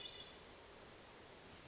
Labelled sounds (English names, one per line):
Hermit Thrush